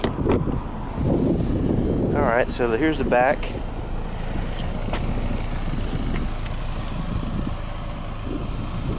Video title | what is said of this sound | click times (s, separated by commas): 👉 Pontiac | snap this one. | 0.0 s